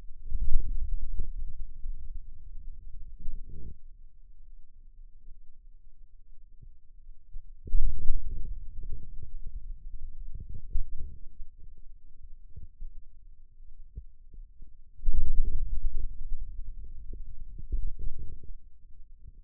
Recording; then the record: forearm muscle sounds (acoustic myography)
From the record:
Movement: radial deviation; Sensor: system 2, bracelet of six BSWA MPA416 microphones around the upper forearm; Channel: 2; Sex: male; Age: 22 years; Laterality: right